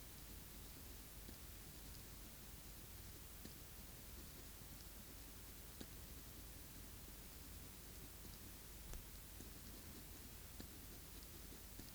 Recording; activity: daily activity, guitar pickup as the sensor; write